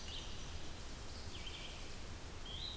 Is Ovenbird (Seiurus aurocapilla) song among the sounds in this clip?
no